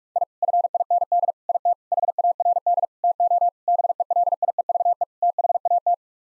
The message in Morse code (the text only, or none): I FIND IT HARD TO BELIEVE THAT